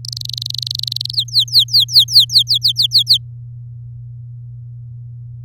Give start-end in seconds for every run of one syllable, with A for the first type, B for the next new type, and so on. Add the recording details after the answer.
0.05-1.12 A, 1.13-3.18 B. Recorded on 7 May 2018 at 16:01. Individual llb16